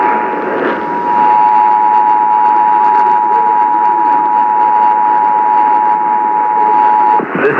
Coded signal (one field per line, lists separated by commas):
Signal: Emergency Alert System (SAME) tones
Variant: 853 and 960 Hz attention tone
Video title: (EAS #552): Richmond Extended Area Required Monthly Test on WRVA-AM